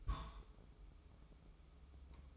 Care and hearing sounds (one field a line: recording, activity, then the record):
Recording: daily activity, microphone in the room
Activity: place on stove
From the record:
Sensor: 1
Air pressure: 995.4 hPa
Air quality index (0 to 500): 30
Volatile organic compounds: 1 ppm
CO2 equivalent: 562 ppm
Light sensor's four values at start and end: 29/103/39/41 and 29/103/39/41